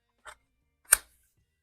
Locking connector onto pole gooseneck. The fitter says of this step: and you can see how it locks into place and real easy and quick